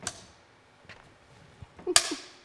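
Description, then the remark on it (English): A film slate clapperboard on a film shoot snaps shut with a sharp wooden clack to mark take one, then a second, louder clap follows about two seconds later, with a few faint knocks between and no talking. “So you didn't get the second clap, so.”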